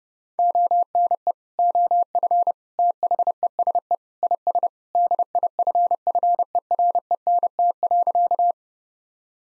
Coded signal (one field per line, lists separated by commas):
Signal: Morse code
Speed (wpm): 30 wpm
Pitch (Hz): 700 Hz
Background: none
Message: ONE OF THESE IS DIFFERENT.